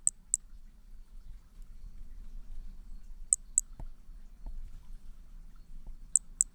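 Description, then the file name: Hermogenes' flea-toad giving short, high, clicky notes in quick pairs, each pair about three seconds apart, with a soft low background hum and faint taps. Recorded at Picinguaba on 13 December 2017; individual 2. "MHNCI B hermogenesi Picinguaba ind 2 ex 2 tudo 05 cm 13 dez 2017 MRB"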